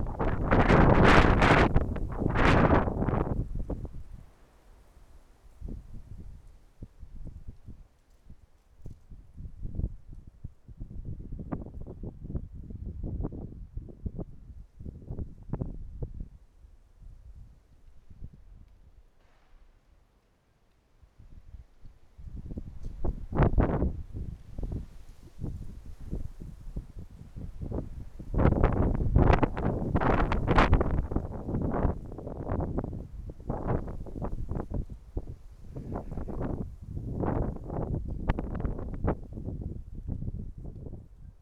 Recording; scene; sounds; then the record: everyday scene through a hearing-aid microphone; wind on the microphone; wind, traffic, birds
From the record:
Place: suburban garden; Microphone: behind the ear, right, front